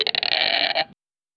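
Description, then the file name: Monkey crying with a single short, harsh, wavering squeal lasting under a second, followed by silence. Baby monkey, crying. "cute baby monkey crying"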